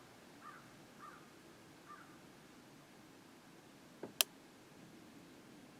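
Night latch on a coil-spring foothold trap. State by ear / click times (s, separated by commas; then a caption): seated / 4.2 s. A steel coil-spring foothold trap for fox and coyote is set with a setter tool until its night latch (the dog/pan catch) engages, giving a soft knock at 4.0 s and then a sharp metallic click at 4.2 s. Three faint chirp-like calls are heard earlier, and the trap is now set.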